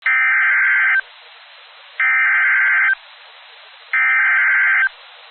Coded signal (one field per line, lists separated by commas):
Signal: Emergency Alert System (SAME) tones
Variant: header bursts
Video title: Severe Thunderstorm Warning (Cabarrus, Mecklenburg, Rowan Counties, NC) (8/1/25) [EAS #205]